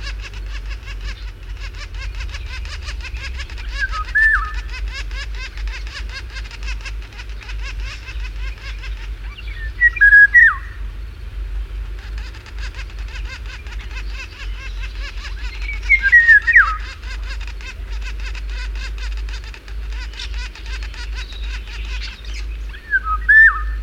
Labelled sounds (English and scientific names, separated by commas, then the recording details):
Eurasian Golden Oriole (Oriolus oriolus)
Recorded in the wild
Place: Sapareva Banya, Rila-Gebirge, Sofia, BG
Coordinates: 42.29, 23.269
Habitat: Montains
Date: 1974-05-22
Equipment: Nagra III BH, Sennheiser MD 21, parabola
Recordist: Schubert, Michael